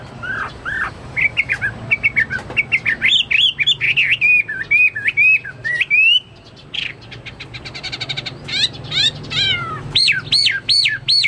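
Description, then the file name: Chinese hwamei singing a rich, varied run of loud whistles, wavering and looping notes, then sharp high upslurred phrases repeated quickly near the end, over faint low hum. "omkicau hwamei"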